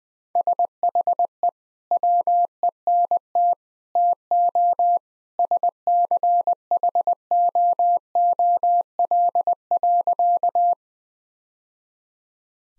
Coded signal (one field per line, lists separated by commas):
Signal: Morse code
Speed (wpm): 21 wpm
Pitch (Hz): 700 Hz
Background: none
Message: SHE WENT TO SCHOOL.